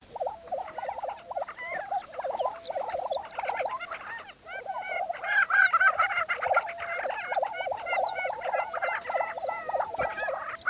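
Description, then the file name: Lesser prairie chickens calling in a dense chorus: rapid yelping clucks and bubbling notes overlap constantly, with higher cackles rising above the busy, continuous chatter. Recorded on 20 April 2013. "2013-04-20 Lesser Prairie Chicken"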